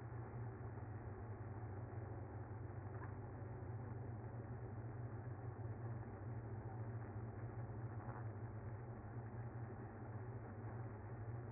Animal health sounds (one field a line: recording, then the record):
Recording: honeybee colony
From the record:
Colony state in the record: active